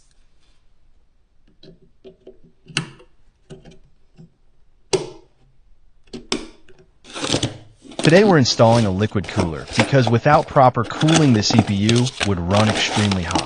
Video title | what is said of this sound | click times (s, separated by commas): POV: Building a Silent RGB Gaming PC Beast (7800X3D + RTX 5070 Ti) | Press evenly from both ends until it clicks firmly into place. | 2.8 s, 4.9 s, 6.3 s